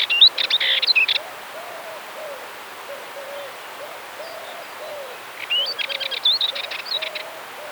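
Dartford warbler song: two bursts of scratchy, buzzy warbling, the second longer, over a steady series of low, soft, hooting notes repeated about every half second.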